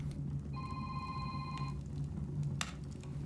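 A telephone rings once, a single steady mid-pitched tone lasting just over a second above a low background hum, followed a moment later by a short sharp click. No one speaks.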